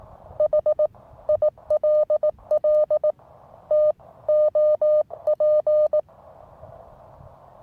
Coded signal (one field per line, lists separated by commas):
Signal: Morse code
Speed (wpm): 18 wpm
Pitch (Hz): 610 Hz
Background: none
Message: HILL TOP